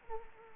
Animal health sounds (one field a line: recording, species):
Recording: mosquito wingbeat signal from an infrared sensor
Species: Anopheles arabiensis